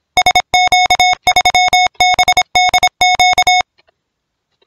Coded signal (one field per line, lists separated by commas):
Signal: Morse code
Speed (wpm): 27 wpm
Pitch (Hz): 730 Hz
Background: music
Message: SQ3BDQ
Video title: RUFZ 2022 R4SBD